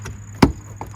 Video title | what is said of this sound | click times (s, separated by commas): HOW TO Change / Replace or Upgrade 2005-2011 Mercedes CLS Tail lights using OEM tail lamps!!! | that see you'll hear a faint little pop noise right and we can line this one in | 0.4 s